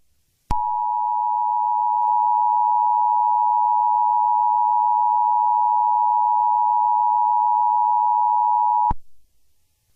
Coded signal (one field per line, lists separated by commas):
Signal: Emergency Alert System (SAME) tones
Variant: 853 and 960 Hz attention tone